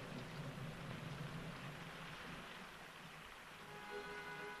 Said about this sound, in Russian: По стеклу стекают крупные капли дождя.